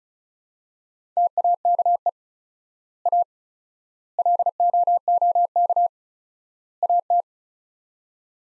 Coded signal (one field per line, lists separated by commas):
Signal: Morse code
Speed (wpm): 36 wpm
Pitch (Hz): 700 Hz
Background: none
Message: TAKE A LOOK AT